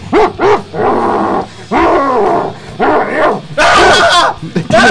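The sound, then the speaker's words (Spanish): A dog barks loudly and insistently in a series of about five harsh, drawn-out barks with short pauses between them, sounding agitated and snarling. “¡Tiene rabia ese perro!”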